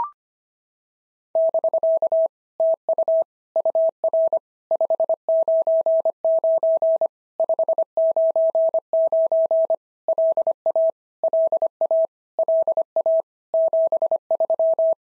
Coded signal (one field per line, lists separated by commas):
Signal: Morse code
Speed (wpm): 25 wpm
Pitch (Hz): 650 Hz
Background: none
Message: <BK> TU UR 599 599 LA LA LA 73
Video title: POTA QSO Practice - 25wpm